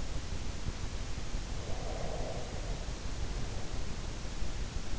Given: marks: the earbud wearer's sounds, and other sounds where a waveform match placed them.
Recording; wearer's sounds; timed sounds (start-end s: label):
sounds in sleep by an in-ear microphone; breath
1.59-3.66 s: breath